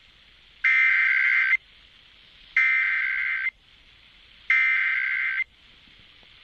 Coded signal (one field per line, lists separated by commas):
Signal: Emergency Alert System (SAME) tones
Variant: header bursts